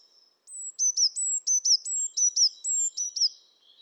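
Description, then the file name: Eurasian blue tit giving a quick run of high, thin notes, each a flat whistle dropping into a short downslur, repeated rapidly for about three seconds. "Cyanistes caeruleus"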